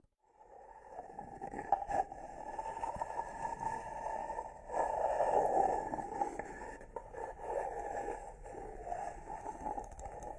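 A spa massage with wooden tools: a dense, steady rubbing and rolling texture carries on throughout, mostly in the low-middle range. Small knocks and clicks of wood stand out around two seconds, and the rubbing grows louder and fuller from about five to six seconds.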